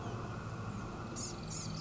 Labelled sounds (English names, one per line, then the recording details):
Blue-gray Gnatcatcher
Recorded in Sonoma County, California